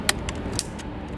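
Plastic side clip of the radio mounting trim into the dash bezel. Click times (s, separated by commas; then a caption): 0.1 s. A plastic clip-on side piece of the mounting trim for an aftermarket SYGAV Android car radio is pushed into the dash bezel of a 2008-2017 Mitsubishi Lancer EVO X, on the other side. A sharp click sounds at 0.1 s as the clip seats into place, followed by two softer taps around 0.3 s and 0.6 s.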